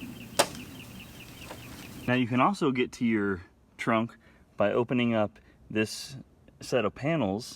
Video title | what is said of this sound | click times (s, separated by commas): VW Beetle trunk stuck closed! How to Manually open - replace Latch / camera on 2012 - 2019 models | fold your emergency latch back and click it back into place. | 0.4 s